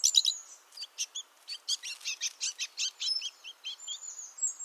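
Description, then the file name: Great tit calls: a quick cluster of high notes, then a long, rapid series of short, ringing chips, ending in thin drawn-out whistles. "Parus major"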